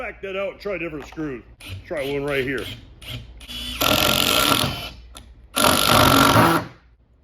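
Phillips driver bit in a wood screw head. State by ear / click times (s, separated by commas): stripped / none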